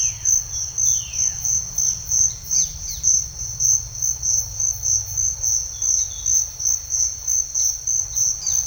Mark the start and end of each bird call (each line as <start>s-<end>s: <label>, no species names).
0.78s-1.41s: bird call
2.48s-3.20s: bird call
5.72s-6.30s: bird call
8.12s-8.67s: bird call